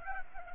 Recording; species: mosquito wingbeat signal from an infrared sensor; Culex pipiens